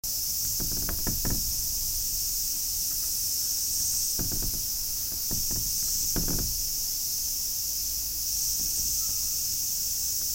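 Cicada drone, steady and high, overlaid with several groups of low knocks and rattles spaced a few seconds apart.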